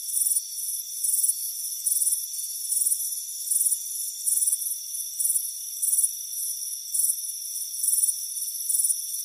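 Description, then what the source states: Cricket chirps come in short, evenly spaced shrill bursts, with a continuous high-pitched hum running underneath. Crickets chirping on a warm afternoon by a front porch with a hammock.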